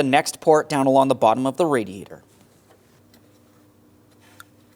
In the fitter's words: There we are. I've got the lower clip in as well.